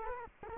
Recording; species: mosquito wingbeat signal from an infrared sensor; Culex quinquefasciatus